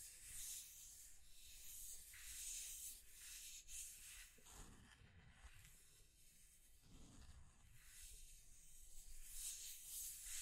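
Scratching and tracing across a surface, heard as a continuous bright, hissy scrape that swells and fades in repeated strokes about every one to two seconds. Around four to five seconds and again near seven, lower rubbing thuds show up beneath the scraping.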